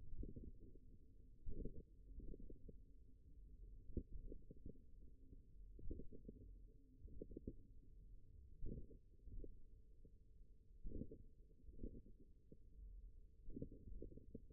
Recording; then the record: forearm muscle sounds (acoustic myography)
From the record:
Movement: finger pinch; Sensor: system 1, eight BSWA MPA416 microphones around the upper forearm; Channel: 3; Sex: male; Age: 41 years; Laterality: right